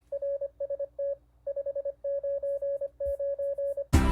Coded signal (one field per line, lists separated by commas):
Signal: Morse code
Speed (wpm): 25 wpm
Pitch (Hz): 560 Hz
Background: none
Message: RST 599